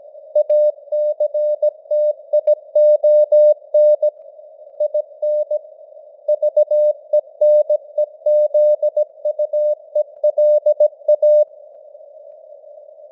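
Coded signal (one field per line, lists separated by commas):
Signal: Morse code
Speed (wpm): 17 wpm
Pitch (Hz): 600 Hz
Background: none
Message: ACTION IN VENEZUELA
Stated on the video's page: Simulated news headlines in Morse at 17 wpm with simulated radio noise and varying signal strength (QSB).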